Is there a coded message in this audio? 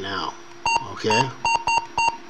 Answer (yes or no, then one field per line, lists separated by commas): no